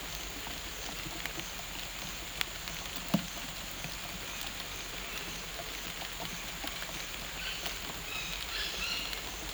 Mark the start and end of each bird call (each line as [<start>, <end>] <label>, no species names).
[7.44, 9.12] bird call